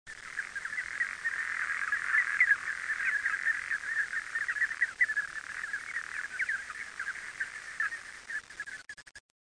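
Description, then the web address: Frog calling in a continuous stream of rapid rattling notes that stops abruptly just before the end. "frog zukan"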